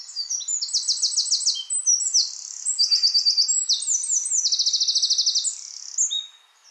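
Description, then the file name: Eurasian wren song, a fast, shrill stream of piercing notes broken by several machine-gun trills, delivered almost without pause from start to finish. "Troglodytes troglodytes"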